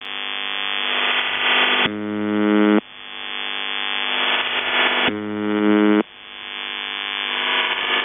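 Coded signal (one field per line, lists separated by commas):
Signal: channel marker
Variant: UVB-76, CIS-12 modem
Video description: Russian Buzzer seen with CIS-12 AT-3104 modem manufacturer by JSC Almaz CIS-12 idle audio channel leaking as audio compression takes place in-between dwell cycle of buzz.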